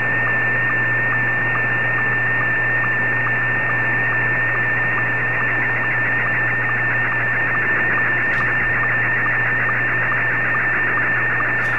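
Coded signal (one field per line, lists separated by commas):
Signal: SSTV (slow-scan television)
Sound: steady whistling tone with faint regular ticks, under heavy radio hiss and low hum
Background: radio static, low hum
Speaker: now let's go into setup and select one of the slow scan tv frequencies 14.230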